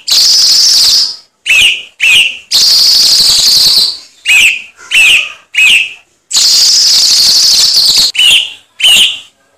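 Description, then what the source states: Cucak cungkok song of long harsh hissing phrases alternating with groups of two or three sharp upslurred chirps. Masteran tutor song used for training songbirds.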